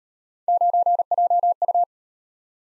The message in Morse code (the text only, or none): 9JU